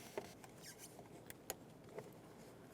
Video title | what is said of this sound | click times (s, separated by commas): How to Replace Rear Power Window Motor & Regulator Assembly 2006-2011 Honda Civic | Got a little click from that one. | 1.5 s